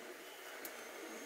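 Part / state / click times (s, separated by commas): toy pistol accessory into action figure holster or hand / seated / 0.6 s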